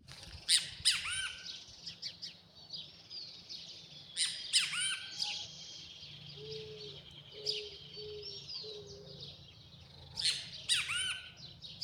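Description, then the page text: Great kiskadee giving strident, harsh calls in several bursts, with falling tails on the notes, and a brief run of soft low hoots midway. Recorded 04/01/2026 in Santa Fe, Argentina. "Great Kiskadee (Pitangus sulphuratus). Gustavo Fernando Durán"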